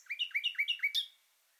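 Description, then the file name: Common nightingale phrase: a quick series of rising chirps in even rhythm, closing with a higher sharp note. "Luscinia megarhynchos"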